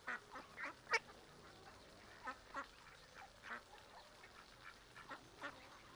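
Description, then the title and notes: Mallard calls: a sequence of brief nasal quacks spaced irregularly, one louder call near the start, against a constant hiss of running water. Mallards of all ages, adults, juveniles and ducklings with mothers, at a small river in a park, Griñón, Madrid, Spain; Sunday afternoon; agitated when fed, young begging; Zoom H1n recorder. "Paseo de la Senda, 34, Griñón, Madrid, España - Tarde en el parque del río con patos. Los sonidos de aves que se escuchan son Ánade Real (Anas platyrhynchos). Hay de todas la edades, adultos, medianos y también patitos pequeños con sus mamás"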